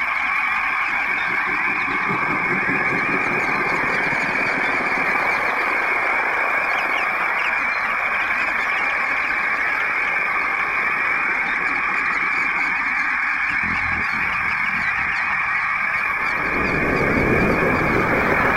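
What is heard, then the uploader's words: Dense tropical birds and frogs call over one another in a steady, busy chorus, with a bright band of insect-like trilling running throughout. Rapid chattering notes fill the middle range, and near the end a louder, low rushing sound swells in. Tropical birds and frogs + narrator + signal processing.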